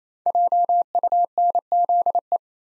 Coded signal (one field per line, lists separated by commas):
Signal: Morse code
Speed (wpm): 27 wpm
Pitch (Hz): 700 Hz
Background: none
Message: JUNZE